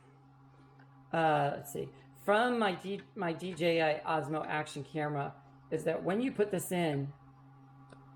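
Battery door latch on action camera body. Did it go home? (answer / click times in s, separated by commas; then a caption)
partly / 7.9 s. Someone talks while closing the battery door latch on a DJI Osmo Action camera body, and a short click is heard at 7.9 s. The latch is only partly locked: a red lock indicator still shows on one side, so the door is not sealed well enough for underwater use and needs more force.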